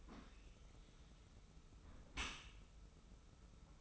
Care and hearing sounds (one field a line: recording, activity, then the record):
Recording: daily activity, microphone in the room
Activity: close dishwasher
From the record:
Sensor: 1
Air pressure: 991.3 hPa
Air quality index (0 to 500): 123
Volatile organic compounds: 256 ppm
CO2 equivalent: 4377 ppm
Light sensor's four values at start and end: 41/128/51/52 and 41/128/51/52